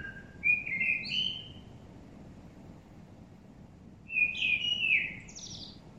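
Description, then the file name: Common blackbird song: two fluted, wavering phrases a few seconds apart, with thin high notes, over quiet background noise. "Turdus merula"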